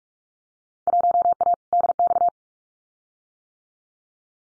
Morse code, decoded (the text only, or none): 1A DX